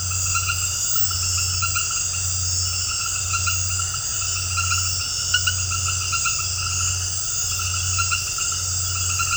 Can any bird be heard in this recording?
no